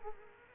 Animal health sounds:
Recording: mosquito wingbeat signal from an infrared sensor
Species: Culex quinquefasciatus

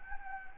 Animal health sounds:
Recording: mosquito wingbeat signal from an infrared sensor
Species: Anopheles gambiae

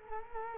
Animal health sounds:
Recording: mosquito wingbeat signal from an infrared sensor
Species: Culex quinquefasciatus

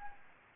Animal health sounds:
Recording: mosquito wingbeat signal from an infrared sensor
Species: Anopheles arabiensis

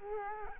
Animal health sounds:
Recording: mosquito wingbeat signal from an infrared sensor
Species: Culex quinquefasciatus

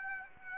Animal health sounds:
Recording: mosquito wingbeat signal from an infrared sensor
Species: Aedes aegypti

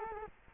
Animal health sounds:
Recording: mosquito wingbeat signal from an infrared sensor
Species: Culex quinquefasciatus

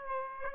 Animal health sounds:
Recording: mosquito wingbeat signal from an infrared sensor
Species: Aedes aegypti

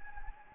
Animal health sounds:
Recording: mosquito wingbeat signal from an infrared sensor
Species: Anopheles gambiae

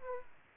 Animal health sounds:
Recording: mosquito wingbeat signal from an infrared sensor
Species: Aedes aegypti

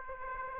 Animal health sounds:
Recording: mosquito wingbeat signal from an infrared sensor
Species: Aedes aegypti

